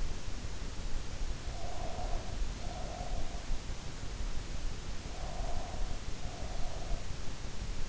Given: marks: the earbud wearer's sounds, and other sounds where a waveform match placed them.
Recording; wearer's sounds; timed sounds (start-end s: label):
sounds in sleep by an in-ear microphone; breath
1.29-3.40 s: breath
5.04-7.15 s: breath